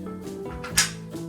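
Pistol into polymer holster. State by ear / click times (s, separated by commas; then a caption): seated / 0.8 s. A pistol is pushed into a POM polymer GA holster made for Glock, Galaxy and AAP01 pistols, over steady background music. After a faint contact sound, the retention catches with a sharp click at 0.8 s. The pistol is seated and secured in the holster, which the click confirms.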